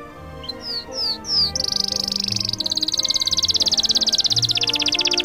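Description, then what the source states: Canary song: three quick falling whistles, then a long, fast, buzzy trill high in pitch, with steady music underneath. Canary song played together with music.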